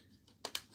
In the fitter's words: snaps right in fairly easy